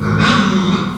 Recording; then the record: squeal of a Yucatan mini pig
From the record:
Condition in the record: after surgery on the right vocal fold (resection and tissue-engineered implant); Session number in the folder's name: 16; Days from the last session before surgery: 183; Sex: female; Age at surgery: 19 weeks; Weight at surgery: 25 kg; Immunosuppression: prednisolone